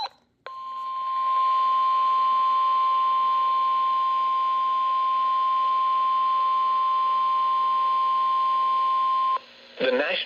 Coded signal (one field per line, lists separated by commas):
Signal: Emergency Alert System (SAME) tones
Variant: 1050 Hz attention tone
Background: speech